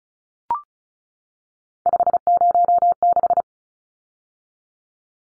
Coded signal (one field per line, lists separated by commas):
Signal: Morse code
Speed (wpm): 34 wpm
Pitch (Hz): 700 Hz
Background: none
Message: 506